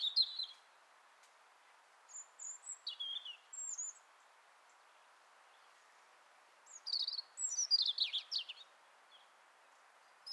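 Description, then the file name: European robin with high thin whistles and trills, a longer pause, then a rapid, tinkling cascade of notes. "Erithacus rubecula"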